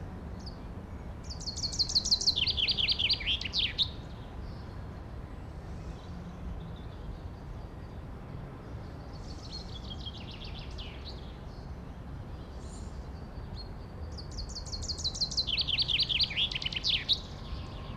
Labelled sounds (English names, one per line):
Common Chaffinch song